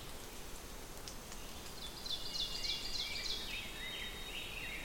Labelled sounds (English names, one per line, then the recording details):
Ovenbird song
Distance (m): 95 m
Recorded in boreal forest in Alberta, Canada, on 6 June 2016 at 08:43
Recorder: SongMeter 3, array SBT-3-51
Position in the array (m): 216 m, 15 m
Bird 27